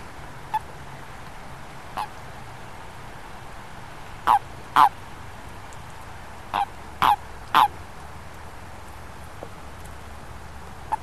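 Amphibian calling with short, clipped honking notes, scattered at first, then bunched in two groups of loud calls before trailing off.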